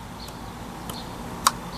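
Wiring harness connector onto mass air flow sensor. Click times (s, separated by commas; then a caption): 1.5 s. On a Cadillac CTS, the wiring harness connector is pushed back onto the mass air flow sensor in the engine air intake, with a softer sound near 0.9 s before a sharp click at 1.5 s. A tug afterward confirms the connector is seated and holds firm.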